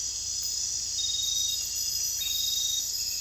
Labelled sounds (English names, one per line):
none